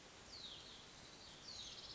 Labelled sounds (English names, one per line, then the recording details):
Hutton's Vireo
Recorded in Sonoma County, California